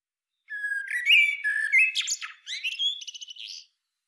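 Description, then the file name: Eurasian blackbird song: a single phrase of mellow fluted notes that climbs into a rapid, squeaky, trilled twitter at the end; no other sounds. "Turdus merula"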